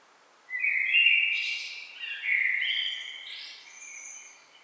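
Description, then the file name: Common blackbird: flowing song of mellow whistles sliding into a higher, squeaky twittering end. "Turdus merula"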